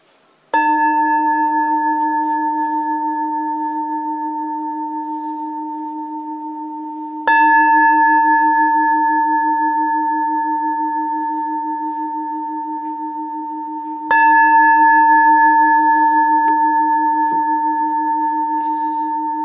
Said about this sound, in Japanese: 鐘を3つ鳴らしますので、それに集中します。